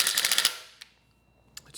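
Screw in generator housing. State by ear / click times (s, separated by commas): stripped / none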